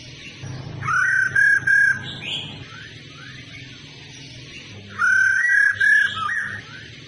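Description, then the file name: Laughingthrush whistles: two short runs of clear, steady notes about four seconds apart, with faint rising slurs between and a low drone behind. Female bird; sound used to stimulate male birds to sing. "Tieng khuou mai ro kich trong hot"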